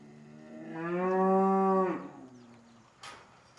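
Cow mooing: one long, deep, harmonic moo lasting over a second, swelling then fading, followed by a brief faint clatter near the end.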